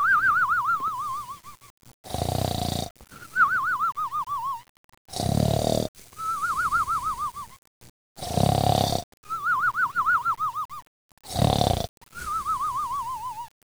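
Rhythmic snoring at about 20 cycles a minute. Harsh, rattling snorts alternate with a high, wavering whistle, giving an exaggerated, cartoon-like snore pattern.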